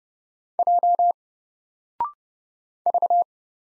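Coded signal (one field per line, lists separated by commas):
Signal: Morse code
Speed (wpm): 30 wpm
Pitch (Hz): 700 Hz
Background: none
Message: J V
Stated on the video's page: Morse code practice of single letters at 30 wpm; each is sent, spoken after a 0.6 second pause, then sent again.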